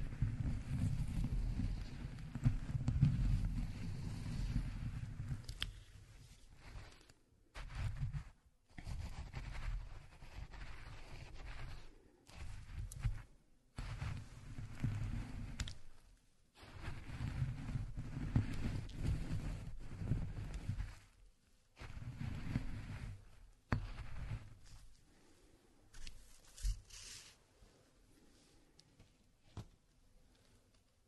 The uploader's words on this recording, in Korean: 호두를 직접 갈아보겠습니다. 손으로 직접 갈아먹는 호두.